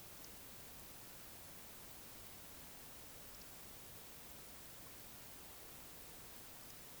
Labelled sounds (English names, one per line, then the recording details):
Eurasian Woodcock whistle
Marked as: whistle, whistle, whistle
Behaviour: display flight
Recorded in Baden-Württemberg, Germany, on 20 May 2021 at 19:53 UTC
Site 24606, 635 m above sea level